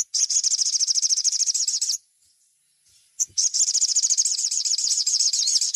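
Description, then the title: Little spiderhunter song, a fast, buzzy run of sharp high notes, broken by a short pause, then resuming. Masteran (training) recording, labelled Labaik. "Masteran Burung Sogok Ontong Labaik"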